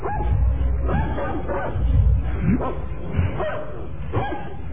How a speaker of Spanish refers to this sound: Perros han delatado nuestra presencia. Debemos tener cuidado, Solín.